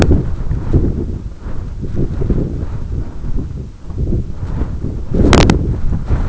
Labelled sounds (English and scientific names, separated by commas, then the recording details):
none
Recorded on Arctic tundra, site EABA-1, on 22 June 2018
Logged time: 14:00